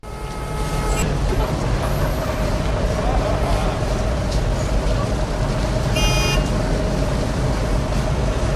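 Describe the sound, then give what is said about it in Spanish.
Dense, steady traffic rumble from several cars in a traffic jam, seen during a bus trip, while car horns honk, one sustained toot at the start and another brief, bright blast later on. “Un día, durante un viaje de autobús, un joven llamado Adam, quien iba de camino a su entrenamiento de kickboxing, vio varios autos en un trancón.”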